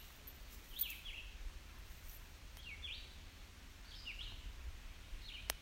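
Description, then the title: Bird giving four brief chirps, spaced somewhat over a second apart, over soft low background noise. Recorded in a dune nature reserve. "沙丘自然保护区的鸟叫"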